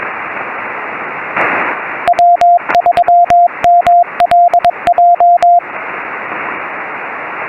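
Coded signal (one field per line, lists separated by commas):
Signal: Morse code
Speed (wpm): 20 wpm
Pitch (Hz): 700 Hz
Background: radio noise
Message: W3MLJ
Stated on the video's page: Activation of Sand to Snow National Monument.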